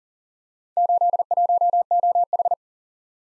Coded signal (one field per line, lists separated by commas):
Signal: Morse code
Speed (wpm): 41 wpm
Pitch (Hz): 700 Hz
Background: none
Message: 81OH